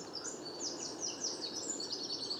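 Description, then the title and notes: Common chaffinch song, faint high twittering babble of short chirped notes in loose phrases, over a steady background hiss. Bois de Vincennes, 16 February 2019, recordist's first of the year; fine weather; song confused, weaker than typical, small babbles; courtship song toward nearby females; Nagra Seven, Wiltronic mono parabola. "Premier Pinson des arbres 2019. Bois de Vincennes - 16 février 2019-Nagra seven - Parabole Wiltronic mono: mon premier chant de Pinson des arbres (Fringilla coelebs) enregistré en 2019. Le chant est un peu confus et moins puissant que le chant type"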